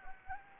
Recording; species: mosquito wingbeat signal from an infrared sensor; Anopheles gambiae